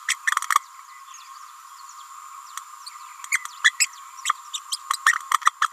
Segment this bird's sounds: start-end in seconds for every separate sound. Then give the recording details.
0.07-0.15, 3.31-3.45, 3.64-3.71, 3.79-3.86, 4.24-4.33, 4.71-4.77, 5.45-5.51, 5.61-5.68. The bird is a female. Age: 29 days. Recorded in a nest box in Venezuela. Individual 17B31A3